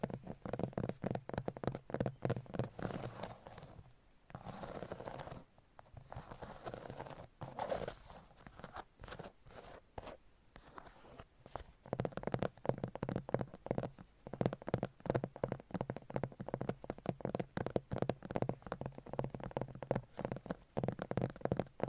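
Long nails scratch and tap in quick, dense runs of sharp clicks that sound almost like clip-clopping hooves. A steady low hum sits underneath throughout. The tapping thins into softer, slower scraping between about 4 and 11 seconds, then returns to fast, even clicking.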